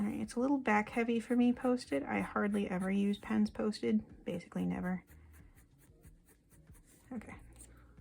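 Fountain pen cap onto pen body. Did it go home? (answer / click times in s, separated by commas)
no / none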